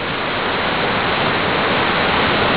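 waterfall rushing

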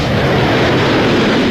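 airplane taking off

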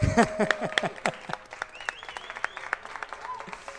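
audience applause

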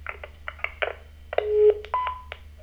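telephone dialing tones

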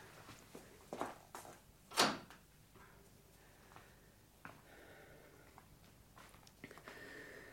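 door being closed

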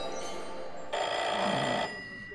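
telephone ringing

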